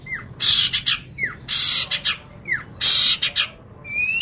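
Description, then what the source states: Long-tailed shrike calling with loud, harsh squawks in bursts, each preceded by a short down-slurred whistle, repeated roughly every second. Recording made for training cage birds (masteran); Indonesian local name cendet.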